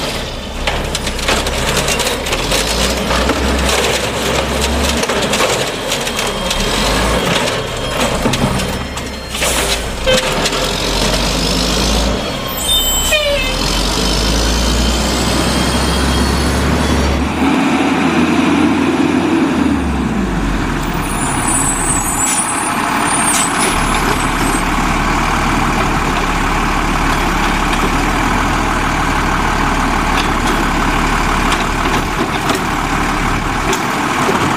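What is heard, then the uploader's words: A garbage truck's engine rumbles low and steady throughout, with loud, constant mechanical noise. Around 13 to 20 seconds a rising whine sweeps upward, likely the hydraulics straining, and scattered clanks and knocks punctuate the middle before the engine settles into a steadier drone. Garbage Trucks.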